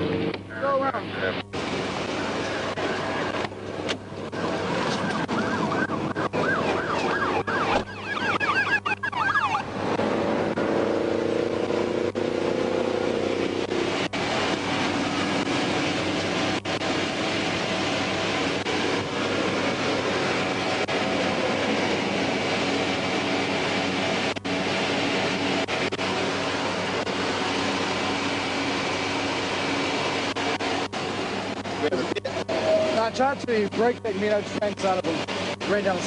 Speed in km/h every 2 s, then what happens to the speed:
0, 0, 0, 0, 0, 0, 0, 0, 0, 0, 0, 0, 0, 0, 0, 0, 0, 0.
0-36 standing.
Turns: none.